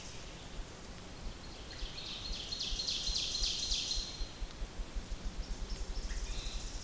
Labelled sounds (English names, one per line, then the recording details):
Ovenbird song
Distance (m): 60 m
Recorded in boreal forest in Alberta, Canada, on 28 May 2016 at 07:49
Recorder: SongMeter 3, array SBT-3-49
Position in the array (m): 68 m, 263 m
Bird 14